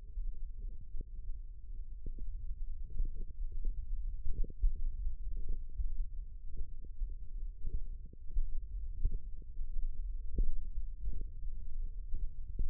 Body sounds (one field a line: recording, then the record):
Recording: forearm muscle sounds (acoustic myography)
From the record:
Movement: tripod grip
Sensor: system 1, eight BSWA MPA416 microphones around the upper forearm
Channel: 6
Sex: female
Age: 21 years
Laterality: right